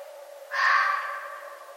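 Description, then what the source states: Red fox call: a single abrupt, harsh, scratchy cry that starts sharply and fades slowly, with a constant humming tone underneath. Recorded 11 November 2011.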